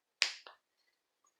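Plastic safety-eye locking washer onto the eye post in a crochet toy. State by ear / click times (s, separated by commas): seated / 0.2 s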